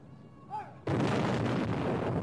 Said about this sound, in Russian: Тимиуки выстрелили во второй раз, и еще один булыжник попал в цель.